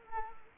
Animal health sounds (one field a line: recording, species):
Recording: mosquito wingbeat signal from an infrared sensor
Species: Culex quinquefasciatus